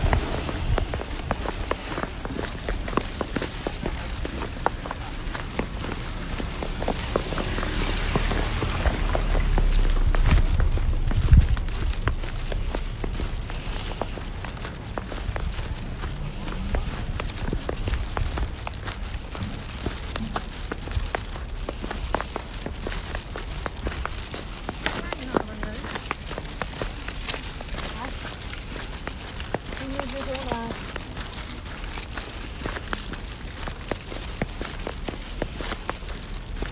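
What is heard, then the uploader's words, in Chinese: Walking through snow in Beijing to a convenience store to buy dumplings. Dense crunching footsteps run steadily throughout, with a low rumble swelling around ten seconds. Faint voices or tonal sounds surface briefly near 17, 25 and 30 seconds. 北京下雪，去便利店买饺子。北京下了新年第一场雪，还挺大。晚上饿了，去便利店买饺子。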